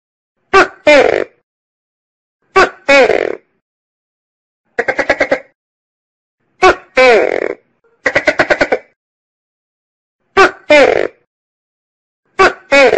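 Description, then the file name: Tokay gecko repeating its loud two-part call about every two seconds, a clipped bark then a longer falling croak, broken twice by rapid rattling bursts. "Tieng keu cua con tac ke"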